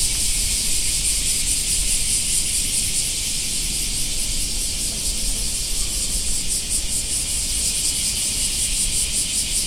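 Cicadas droning in a constant high, buzzing wall of sound with slight rhythmic throbbing, accompanied by noticeable low-pitched rumble.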